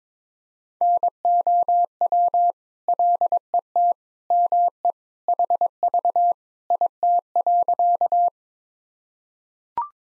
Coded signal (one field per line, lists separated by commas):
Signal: Morse code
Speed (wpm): 22 wpm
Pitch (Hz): 700 Hz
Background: none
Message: NOW LET ME HV IT.